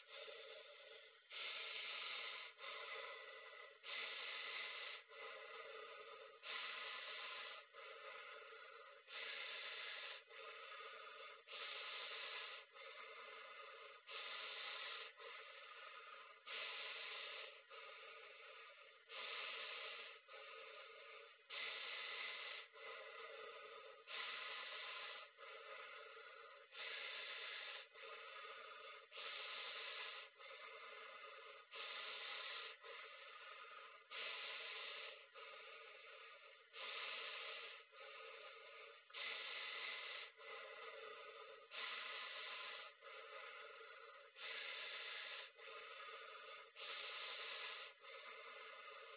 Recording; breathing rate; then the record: paced breathing near a phone; 24 breaths a minute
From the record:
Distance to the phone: 40 cm